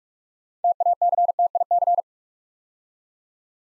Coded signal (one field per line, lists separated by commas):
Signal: Morse code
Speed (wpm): 44 wpm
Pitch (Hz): 700 Hz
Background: none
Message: TACTIC